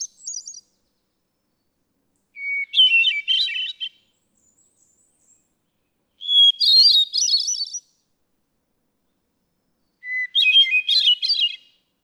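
Hermit thrush song: phrases open on a clear held whistle, then break into a fluty, ringing flourish; each phrase is pitched differently, with pauses of about two seconds between them.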